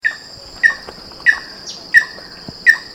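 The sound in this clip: Wood rail giving short, sharp notes in a steady series, over a steady high insect drone.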